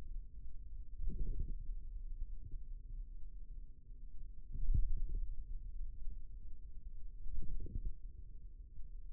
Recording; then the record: forearm muscle sounds (acoustic myography)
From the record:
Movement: wrist extension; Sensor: system 2, bracelet of six BSWA MPA416 microphones around the upper forearm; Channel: 4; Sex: male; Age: 22 years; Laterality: right